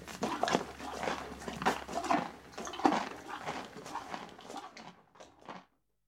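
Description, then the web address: Horse munching, repeated crisp crunches that grow sparser and fade out to silence just before the end. "horse eating"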